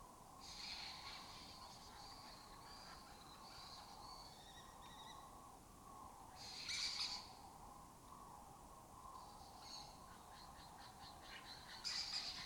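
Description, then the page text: Lesser kestrel giving a soft rasping series at first, then two loud grating calls several seconds apart, over a constant insect hum. Colony breeding in an abandoned building complex in Doñana, southern Europe breeding area; migratory species that forages in West Africa. "Lesser Kestrels Took Over an Abandoned Building. A migratory raptor wich spends its foraging time in West Africa and breeds in southern Europe. Here in Doñana"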